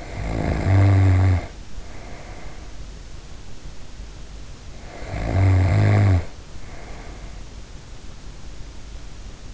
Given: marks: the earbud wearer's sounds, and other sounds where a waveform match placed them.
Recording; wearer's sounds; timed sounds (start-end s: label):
sounds in sleep by an in-ear microphone; snoring breath
0.00-2.84 s: snoring breath
4.75-7.69 s: snoring breath